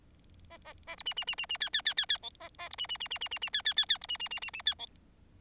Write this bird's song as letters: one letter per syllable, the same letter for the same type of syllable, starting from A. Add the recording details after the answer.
A A A B C C C C C D D D D D E A A B C C C C C C C D D D D B C C C C C D E. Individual Bird4